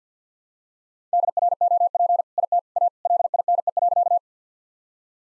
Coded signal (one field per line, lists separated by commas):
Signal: Morse code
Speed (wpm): 50 wpm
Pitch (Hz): 700 Hz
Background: none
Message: DROP IT A LINE.